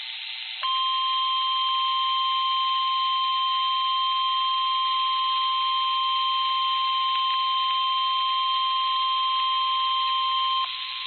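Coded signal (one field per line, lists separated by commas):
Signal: Emergency Alert System (SAME) tones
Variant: 1050 Hz attention tone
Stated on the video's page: Real streamed Severe Thunderstorm Warning EAS alert.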